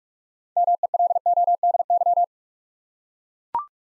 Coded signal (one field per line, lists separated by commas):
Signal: Morse code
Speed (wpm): 44 wpm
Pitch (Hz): 700 Hz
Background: none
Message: MELODY